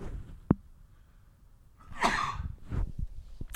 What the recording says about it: I may be on the verge of a sneezing fit. I just sneezed again.